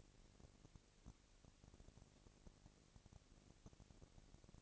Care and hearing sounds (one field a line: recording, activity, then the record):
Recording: daily activity, microphone in the room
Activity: no activity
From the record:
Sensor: 4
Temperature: 22.5 degrees Celsius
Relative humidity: 33.4%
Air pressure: 999.7 hPa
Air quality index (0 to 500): 231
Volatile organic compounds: 20 ppm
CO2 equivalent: 2705 ppm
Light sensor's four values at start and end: 2/3/1/1 and 2/3/1/1